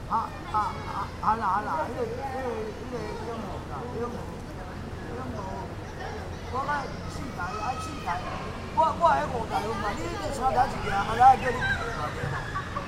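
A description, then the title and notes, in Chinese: Half a day at Shude Park: voices talk on and off throughout, mixed with quick chirping calls that cluster near the start and again after about nine seconds. A steady low hum runs underneath, and the level stays fairly even with brief louder peaks. 斯文里：耳朵限定×樹德公園半日。這片格局方正，大樹林立的老公園四週，被數間主神來自雲林一帶的宮廟圍繞。2023年末的一個晴朗冬日，耳朵星人從午前到午後，遊盪於這片公園的各個角落。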